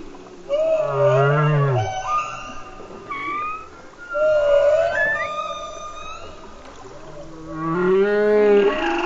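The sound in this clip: Whale song: long, moaning, harmonic calls that bend up and down in pitch, some gliding upward, with several separate phrases over a low background rumble.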